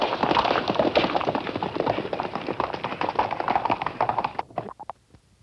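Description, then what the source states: Horse hoofbeats in a fast, irregular drumming gallop, fading out after about four and a half seconds into near quiet. Horses galloping by.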